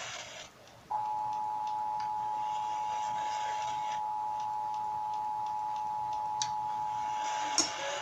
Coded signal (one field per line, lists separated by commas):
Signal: Emergency Alert System (SAME) tones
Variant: 853 and 960 Hz attention tone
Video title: EAS #558-567 - Required Monthly Tests {SPECIAL!}